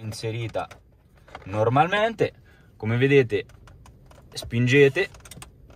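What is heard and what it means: Someone talks while a car radio head unit is pushed back into its dashboard slot in a Fiat Grande Punto. Short clicks are heard near the end, and the retaining clips catch at 5.4 s, seating the radio in place.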